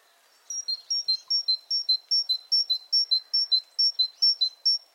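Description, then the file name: Great tit delivering a steady, evenly spaced string of sharp two-note high-low phrases against a quiet background. "Parus major"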